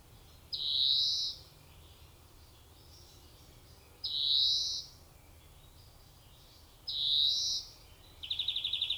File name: Chloris chloris